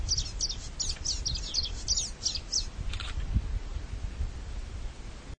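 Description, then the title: Long-tailed reed finch song: a quick run of high, thin chirping notes for about three seconds, then a pause, over a steady low rumble of background noise. "LuckyPassaro Completos2Sama. Long-tailed Reed Finch (Donacospiza albifrons)"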